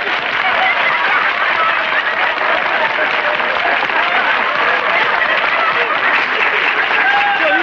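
Sustained applause from a large audience, a dense, steady wash of many hands clapping at once, loud and even throughout without pause or a clear rhythm.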